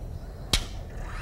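An electric prosthetic elbow lock releases, and the elbow unlocks with one sharp click at 0.5 s. The click stands out against low background noise, and nothing is spoken in the clip.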